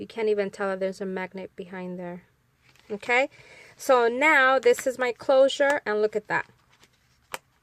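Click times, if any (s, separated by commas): 7.3 s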